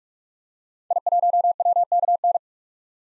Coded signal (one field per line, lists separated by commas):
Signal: Morse code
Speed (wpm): 42 wpm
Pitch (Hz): 700 Hz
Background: none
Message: I1WKN